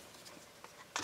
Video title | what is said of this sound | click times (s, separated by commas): DC Comics Multiverse 6" Collect & Connect Justice Buster Action Figure Review | and they just snap right into place | 0.6 s, 1.0 s